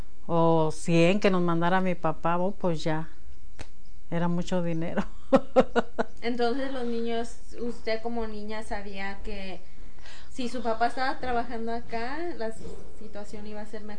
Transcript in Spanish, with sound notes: $100 que nos mandara mi papá, oh, pos ya, era mucho dinero. (risas)
Entonces los niños, usted como niña sabía que si su papá estaba trabajando acá, la situación iba a ser mejor.